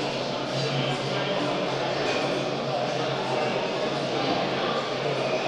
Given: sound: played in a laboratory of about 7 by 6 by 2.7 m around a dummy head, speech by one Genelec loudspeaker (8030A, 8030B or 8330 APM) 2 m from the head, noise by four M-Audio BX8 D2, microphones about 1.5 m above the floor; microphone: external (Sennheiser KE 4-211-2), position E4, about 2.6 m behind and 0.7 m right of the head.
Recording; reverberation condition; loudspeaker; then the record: cafeteria noise; high; four, about 170 cm from the corners of the room and facing them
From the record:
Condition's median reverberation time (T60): about 1300 ms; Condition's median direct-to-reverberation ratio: about -4.0 dB